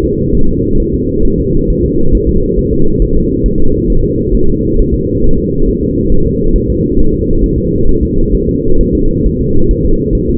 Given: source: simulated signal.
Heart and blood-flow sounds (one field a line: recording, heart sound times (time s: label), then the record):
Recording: fetal heart sounds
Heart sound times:
0.04 s: S2
0.35 s: S1
0.49 s: S2
0.80 s: S1
0.94 s: S2
1.25 s: S1
1.40 s: S2
1.70 s: S1
1.85 s: S2
2.15 s: S1
2.29 s: S2
2.59 s: S1
2.73 s: S2
3.02 s: S1
3.16 s: S2
3.46 s: S1
3.60 s: S2
3.90 s: S1
4.04 s: S2
4.34 s: S1
4.49 s: S2
4.79 s: S1
4.94 s: S2
5.24 s: S1
5.38 s: S2
5.68 s: S1
5.83 s: S2
6.12 s: S1
6.27 s: S2
6.56 s: S1
6.70 s: S2
6.99 s: S1
7.14 s: S2
7.44 s: S1
7.58 s: S2
7.89 s: S1
8.03 s: S2
8.35 s: S1
8.49 s: S2
8.81 s: S1
8.95 s: S2
9.26 s: S1
9.41 s: S2
9.71 s: S1
9.86 s: S2
10.15 s: S1
10.30 s: S2
From the record:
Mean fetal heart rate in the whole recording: 135 bpm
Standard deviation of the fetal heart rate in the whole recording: 3 bpm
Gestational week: 36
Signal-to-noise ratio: -19.1 dB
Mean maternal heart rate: 72 bpm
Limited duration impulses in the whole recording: present